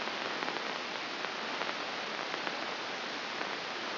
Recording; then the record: brain microelectrode recording played as sound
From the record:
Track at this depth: inside the subthalamic nucleus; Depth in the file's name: 2.632 mm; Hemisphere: left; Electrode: 2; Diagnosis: Parkinson's disease